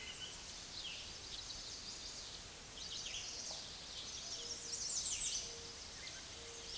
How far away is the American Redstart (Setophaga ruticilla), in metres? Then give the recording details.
about 30 m. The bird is about 10 m above the microphone. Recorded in a Pennsylvania forest on 16 May 2024 at 06:13. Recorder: AudioMoth, point MSD-2345. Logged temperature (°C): 15.5 °C. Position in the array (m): 110 m, 226 m